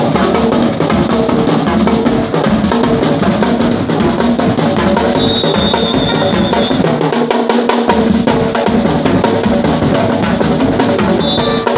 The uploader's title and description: Street party in Amsterdam. Brass Band playing in my hood due to a birthday party at my neighbours